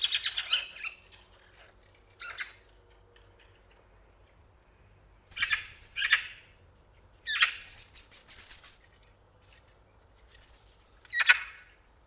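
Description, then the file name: Eurasian magpie giving harsh, rasping chatter calls in short bursts, separated by pauses of one to several seconds. "Pica pica"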